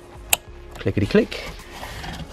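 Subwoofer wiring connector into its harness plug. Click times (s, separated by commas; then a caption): 0.3 s. A subwoofer wiring connector is pushed into its harness plug in the boot of a Focus RS, giving a sharp, loud click at 0.3 s, followed by someone talking. The connector seats.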